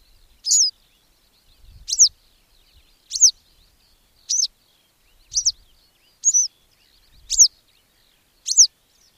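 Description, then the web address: Western yellow wagtail calling: eight sharp, high, downward-slurred notes spaced about a second apart, with faint low rumbles underneath. "agykontroll Madardalok Cd 3. Sárga billegető"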